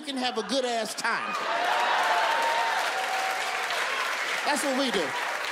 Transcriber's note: cheering, applause